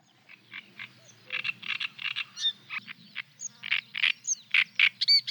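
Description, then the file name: Great reed warbler delivering harsh, gravelly karra-like notes in uneven bursts with occasional thin whistles over a low background rumble. "Trastsångare"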